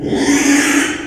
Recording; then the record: squeal of a Yucatan mini pig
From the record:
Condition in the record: after surgery on the right vocal fold (resection and tissue-engineered implant); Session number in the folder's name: 3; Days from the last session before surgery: 33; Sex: male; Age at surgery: 12 weeks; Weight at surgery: 13 kg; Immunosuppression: cyclosporine, prednisolone